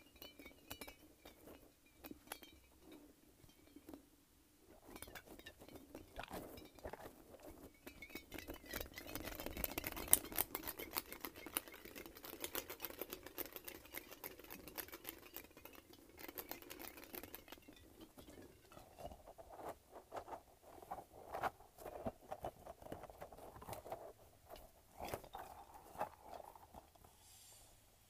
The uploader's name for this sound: Squishing and Shaking a Light-Up Ball